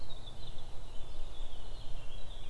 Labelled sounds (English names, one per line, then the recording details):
Eurasian Blackcap
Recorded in Germany
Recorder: ecoPi